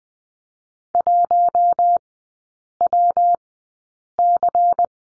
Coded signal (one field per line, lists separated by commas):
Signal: Morse code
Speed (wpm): 20 wpm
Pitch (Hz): 700 Hz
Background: none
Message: 1WC